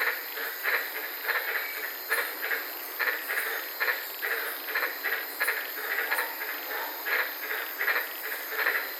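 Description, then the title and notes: White-lipped tree frog croaks, pulsed and regular about every half second, over a steady high background hiss. Several frogs calling at night in the Daintree rainforest, Queensland, recorded from inside a car. "White Lipped Frog Podcast. I was sitting in my car in the Daintree rainforest in Queensland this night and fell asleep listening to these amazing White lipped frogs"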